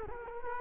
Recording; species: mosquito wingbeat signal from an infrared sensor; Culex quinquefasciatus